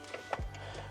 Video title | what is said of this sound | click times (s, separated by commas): Whirlpool WRX735SDHZ02 Water Filter Housing Replacement — Easy Fix for Leaks! | of pull out and slide the other one on till it pops into place like that. | 0.3 s